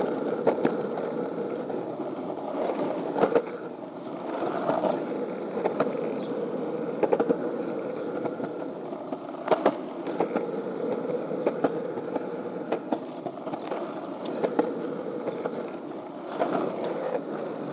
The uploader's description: grabbed my board and started skating